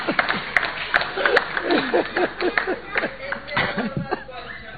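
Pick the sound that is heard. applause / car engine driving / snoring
applause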